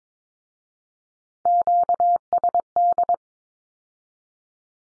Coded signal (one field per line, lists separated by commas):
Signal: Morse code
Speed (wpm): 22 wpm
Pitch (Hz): 700 Hz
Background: none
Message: QSD